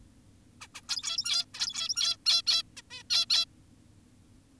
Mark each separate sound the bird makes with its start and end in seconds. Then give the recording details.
0.61-0.68, 0.75-0.81, 0.89-1.45, 1.54-2.17, 2.26-2.42, 2.47-2.63, 2.77-2.82, 2.91-3.03, 3.10-3.26, 3.30-3.46. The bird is an adult. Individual g17y2U